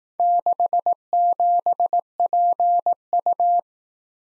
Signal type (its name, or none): Morse code